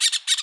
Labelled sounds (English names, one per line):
Brown-throated Parakeet contact call